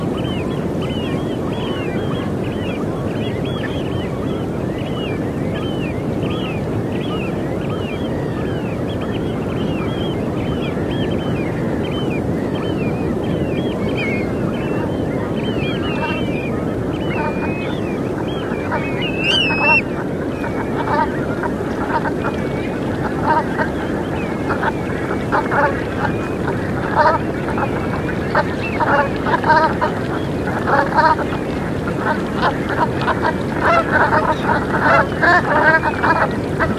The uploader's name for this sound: The endless seaside, the breath of the ocean floating in the air, the call and healing from seabirds